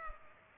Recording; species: mosquito wingbeat signal from an infrared sensor; Culex pipiens